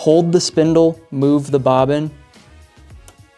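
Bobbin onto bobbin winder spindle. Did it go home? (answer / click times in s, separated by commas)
yes / 3.1 s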